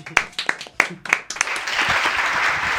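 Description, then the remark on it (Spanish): Audience applause at a live music show starts with a few scattered, sharp claps, then quickly swells into a dense, steady wash of clapping from many hands that holds at a fairly loud level to the end. “Otro aplauso más, viejo.”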